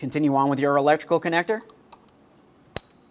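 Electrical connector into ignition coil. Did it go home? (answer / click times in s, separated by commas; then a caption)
yes / 2.8 s. An electrical connector is pressed onto a new ignition coil on a 2010–2013 Kia Forte Koup 2.4L L4 until it clicks home, then given a light tug and locked down. Someone talks for the first 1.6 seconds, followed by quiet with faint small ticks, then a sharp, bright click at 2.8 seconds as the connector seats.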